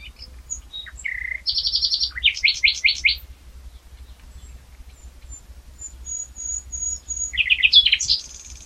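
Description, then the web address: Common nightingale singing: a buzzy note, a rapid rattling series, loud repeated chirps, then soft high whistles and a final quick burst of sharp notes. "SETE Luscinia megarhynchos"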